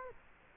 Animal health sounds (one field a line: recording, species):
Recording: mosquito wingbeat signal from an infrared sensor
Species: Culex quinquefasciatus